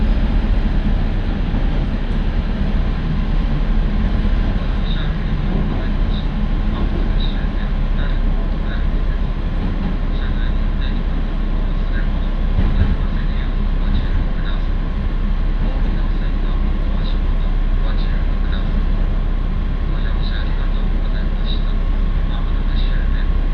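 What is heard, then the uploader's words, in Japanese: Inside a train on a local line, a steady low rumble runs throughout, with a faint constant whine and light rhythmic clicks from the rails. 樽見鉄道 モレラ岐阜→樽見。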